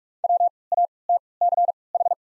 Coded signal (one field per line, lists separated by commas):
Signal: Morse code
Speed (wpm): 45 wpm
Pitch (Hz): 700 Hz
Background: none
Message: W A T C H